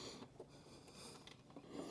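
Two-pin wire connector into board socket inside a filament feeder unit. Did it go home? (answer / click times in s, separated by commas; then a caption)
no / none. A two-pin wire connector is handled near its mating plastic board socket inside a Bambu Lab AMS filament feeder unit, with soft rustling and brief small taps around 0.4, 1.3 and 1.6 seconds. The connector has not seated or clicked yet; the clip ends just before it goes home.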